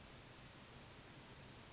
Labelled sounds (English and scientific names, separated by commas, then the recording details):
Western Flycatcher (Empidonax difficilis)
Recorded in Sonoma County, California